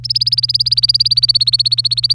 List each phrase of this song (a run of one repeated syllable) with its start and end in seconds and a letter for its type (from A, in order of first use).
0.04-2.14 A